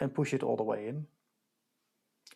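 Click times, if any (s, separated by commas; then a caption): 2.3 s. Someone talks as a lubricated fuel return line fitting is pushed all the way into the rubber grommet on a VETUS FTANK 25 25-liter diesel fuel tank. After a silence, a sharp click sounds at 2.3 s as the fitting snaps into place. The fitting is seated, completing the installation of all three fittings.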